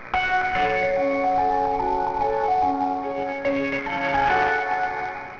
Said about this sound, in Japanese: 二宮駅の発車メロディーは大黒様。